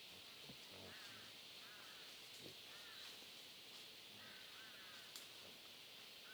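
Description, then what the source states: Wild boar feeding with faint low grunts and clicks, a few higher wavering notes and a steady insect chorus behind. Family of wild boar feeding on acorns, Huairou District, 11 August 2022, 07:13.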